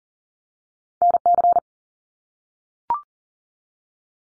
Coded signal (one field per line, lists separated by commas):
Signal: Morse code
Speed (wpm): 40 wpm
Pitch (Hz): 700 Hz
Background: none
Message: NC